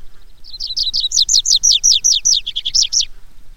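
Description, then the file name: Tree pipit song phrase of many quick, sharp, downslurred high notes in a brisk, slightly uneven series lasting under three seconds. "baumpieper"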